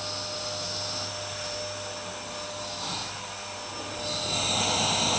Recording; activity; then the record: daily activity, microphone in the room; vacuum cleaning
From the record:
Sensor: 2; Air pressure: 1009.5 hPa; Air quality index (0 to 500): 187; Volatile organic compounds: 12 ppm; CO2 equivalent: 2325 ppm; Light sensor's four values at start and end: 18/43/19/21 and 25/61/27/29